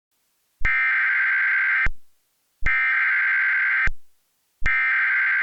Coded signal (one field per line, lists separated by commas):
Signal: Emergency Alert System (SAME) tones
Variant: header bursts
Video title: EAS MOCK: Tornado Emergency for McKenzie, TN